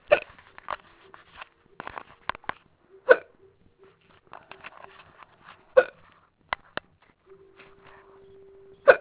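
Sharp, abrupt hiccups in an adult recur about every three seconds, roughly 20 a minute, with faint breathing between them.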